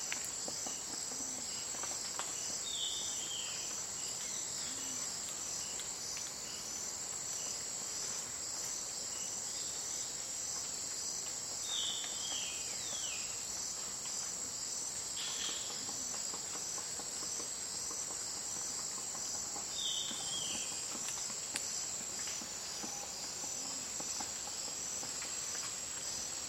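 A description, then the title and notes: Rainforest ambience dominated by a dense, unbroken shrill of insects, a steady high whine that never lets up across the whole stretch. Short bird calls chirp and swoop through it every few seconds, with a soft low rumble underneath. Amazon Rainforest Waking Up. I'm deep in the Amazon rainforest, sleeping on an open platform with just a thin mosquito net between me and the jungle. The sounds of the rainforest.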